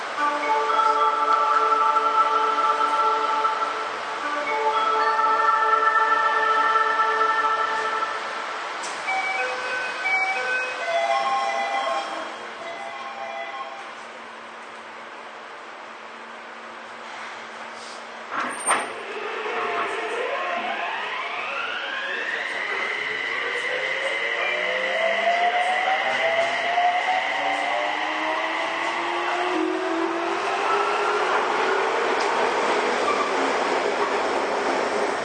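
A Toei 6300 series subway train runs, opening with steady whining motor tones that fade into a quieter rumbling stretch. After a sharp click near eighteen seconds, the motor's whine climbs steeply in pitch as the train accelerates, then holds high and steady.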